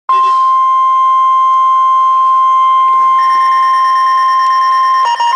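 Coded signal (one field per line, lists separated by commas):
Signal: Emergency Alert System (SAME) tones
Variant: 1050 Hz attention tone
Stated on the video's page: Weather radio weekly test alert.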